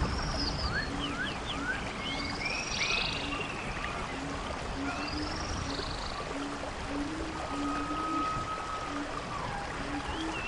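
Steady rain hisses over a rainforest while frogs croak in low repeated pulses and birds whistle and chirp brightly throughout.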